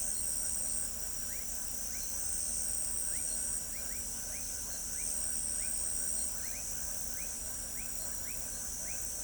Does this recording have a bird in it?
no